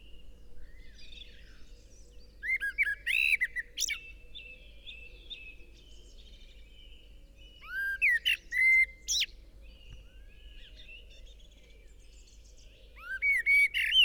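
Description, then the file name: Eurasian blackbird giving three spaced song phrases: low, fluty warbled whistles followed by high, squeaky flourishes, with quiet gaps of several seconds. "Turdus merula"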